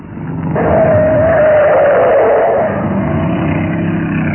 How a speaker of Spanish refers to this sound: Y Calimán aceleraba el auto al máximo.